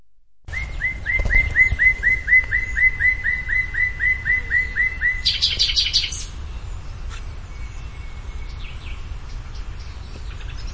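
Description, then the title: Bird song: a steady series of many short arched notes, then a brief high buzzy burst and scattered faint chirps. "LuckyPassaro Completos2Sama"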